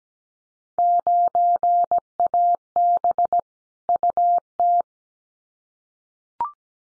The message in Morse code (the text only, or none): 9AB UT